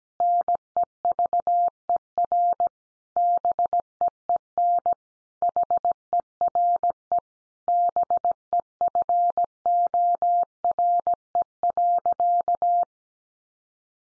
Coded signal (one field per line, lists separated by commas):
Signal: Morse code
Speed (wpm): 17 wpm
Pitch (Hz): 700 Hz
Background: none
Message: NEVER BEEN HERE BEFORE.